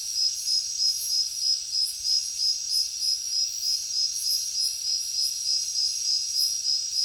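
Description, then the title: Cricket chirps repeating quickly and very regularly over a dense shrill trill, with softer higher-pitched insect pulses drifting above. Heavy cricket chorus at night in a jungle. "alex productions ambient music nature. Jungle night heavy crickets"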